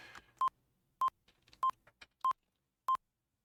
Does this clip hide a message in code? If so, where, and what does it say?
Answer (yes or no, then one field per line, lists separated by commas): no